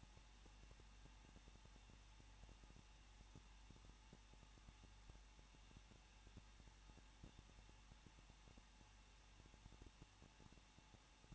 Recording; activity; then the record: daily activity, microphone in the room; no activity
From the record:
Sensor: 1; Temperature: 20.1 degrees Celsius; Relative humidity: 39.2%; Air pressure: 1006.3 hPa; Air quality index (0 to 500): 217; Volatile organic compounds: 76 ppm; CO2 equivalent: 3573 ppm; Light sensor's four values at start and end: 1/2/1/1 and 1/2/1/1